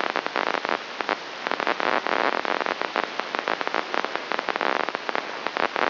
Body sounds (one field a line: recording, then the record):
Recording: brain microelectrode recording played as sound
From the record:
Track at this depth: outside the subthalamic nucleus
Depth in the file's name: -0.883 mm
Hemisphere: left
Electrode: 3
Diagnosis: Parkinson's disease